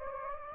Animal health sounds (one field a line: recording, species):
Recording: mosquito wingbeat signal from an infrared sensor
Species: Anopheles gambiae